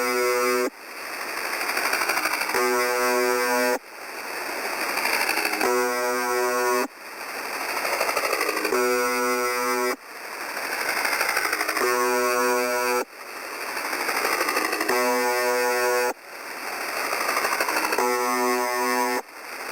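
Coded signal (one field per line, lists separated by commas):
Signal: channel marker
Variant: UVB-76 (The Buzzer)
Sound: six harsh low buzzes, about a second each, repeating every three seconds through hiss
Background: radio static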